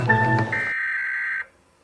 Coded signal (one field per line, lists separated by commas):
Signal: Emergency Alert System (SAME) tones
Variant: header bursts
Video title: EAS scenario:￼ it lurks in the darkness